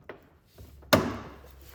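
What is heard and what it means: A mounting clip on a Megachip Solutions track mudflap for a G87 M2 is pushed into the car's plastic bumper trim, giving a faint tap near 0.1 s and a slight rustle before a sharp, bright click at 0.9 s that rings down over the next second. The clip snaps in and is seated.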